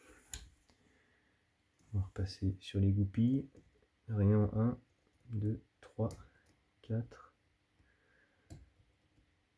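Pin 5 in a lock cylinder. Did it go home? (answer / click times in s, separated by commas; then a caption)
yes / 8.5 s. A pick is run back over the pins of a TESA TK6 lock cylinder while someone talks. Pin 5 sets with a faint, small click at 8.5 s.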